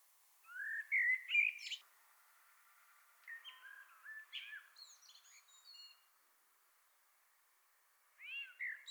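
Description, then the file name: Common blackbird singing: a warbled, rising phrase ending in a thin squeak, a second wavering phrase with high twittering, and a third phrase starting near the end. "Turdus merula"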